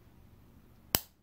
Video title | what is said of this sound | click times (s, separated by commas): New Mesh Bracelet for My Vostok Amphibia | so that clipped on sometimes I'll clip | 0.9 s